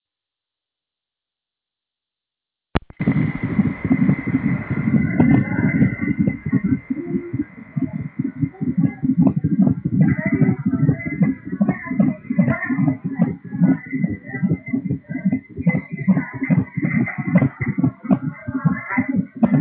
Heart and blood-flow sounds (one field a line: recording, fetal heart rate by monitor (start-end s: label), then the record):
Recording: fetal heart sounds by stethoscope on the mother's abdomen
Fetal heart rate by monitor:
0.00-10.00 s: 145 bpm
10.00-19.61 s: 150 bpm
From the record:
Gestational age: 38 weeks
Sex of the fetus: boy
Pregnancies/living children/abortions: 2/1/0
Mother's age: 35 years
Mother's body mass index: 33.8